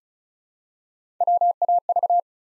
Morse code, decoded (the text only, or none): WAV